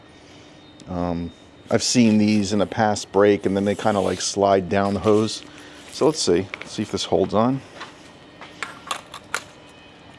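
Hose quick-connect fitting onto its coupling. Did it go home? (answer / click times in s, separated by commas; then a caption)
yes / 9.3 s. Someone talks while a hose's standard quick-connect fitting is pushed onto its coupling to test whether it holds. A few sharp clicks and taps follow, and the loudest, sharpest snap at 9.3 s is the fitting seating on the coupling. The connection holds and is approved.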